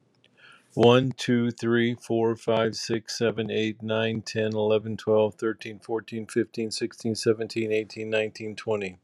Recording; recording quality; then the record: counting at a normal pace; excellent, no background noise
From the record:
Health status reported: exposed to COVID-19, no respiratory illness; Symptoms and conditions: fatigue, hypertension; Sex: male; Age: 66 years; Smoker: not ticked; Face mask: not worn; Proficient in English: yes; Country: United States